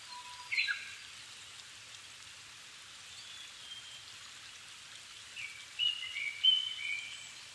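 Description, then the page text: Japanese thrush song: a brief phrase at the start, then a long pause with steady hiss, and a burst of whistled phrases near the end. 7 May 2011 at 17:59, evening; altitude 270 m; recorded with Sony PCM-D50 and Panasonic WM-61A microphone. "kurotugumi-20110507-1759. Turdus cardis [Sounds -Nikko Today-]"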